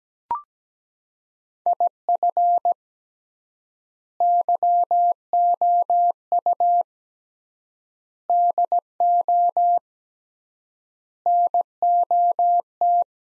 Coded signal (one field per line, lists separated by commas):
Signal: Morse code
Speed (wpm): 17 wpm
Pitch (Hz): 700 Hz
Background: none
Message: IF YOU DO NOT